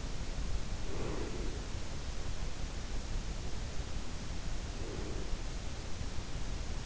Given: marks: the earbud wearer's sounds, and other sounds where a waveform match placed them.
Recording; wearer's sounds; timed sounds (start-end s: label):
sounds in sleep by an in-ear microphone; breath
0.60-1.64 s: breath
4.68-5.58 s: breath